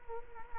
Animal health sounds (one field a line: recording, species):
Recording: mosquito wingbeat signal from an infrared sensor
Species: Culex quinquefasciatus